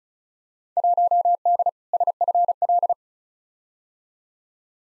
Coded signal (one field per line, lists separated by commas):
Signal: Morse code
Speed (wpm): 36 wpm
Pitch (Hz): 700 Hz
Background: none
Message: 1D SFL